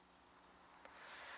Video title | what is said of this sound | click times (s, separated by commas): H16 Rigging | you'll hear her lock | 0.9 s